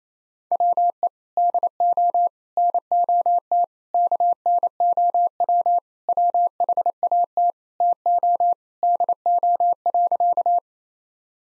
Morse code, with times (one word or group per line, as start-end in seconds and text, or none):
0.5-1.1 WE
1.4-2.3 DO
2.6-3.6 NOT
3.9-5.8 KNOW
6.1-7.5 WHAT
7.8-8.5 TO
8.8-10.6 DO.